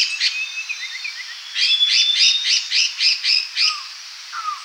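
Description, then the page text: Red-faced liocichla giving harsh scolding notes, a few scattered chirps first, then a rapid even burst of rasping calls, ending with two soft downslurred whistles. "Red-Faced Liocichla Scolding Calls. Quick Sounds"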